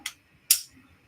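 A plastic scale-model sub-assembly for a Maschinen Krieger Super Jerry model kit is pressed onto the kit's hull. A light tick at 0.1 s is followed by a sharp, bright snap at 0.5 s. The part pops and seats into place.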